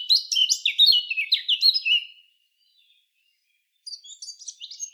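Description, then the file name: Eurasian blackcap song: a bright run of loud, clear, slurred notes descending in steps, a silent pause, then a softer twittering phrase. "Sylvia atricapilla"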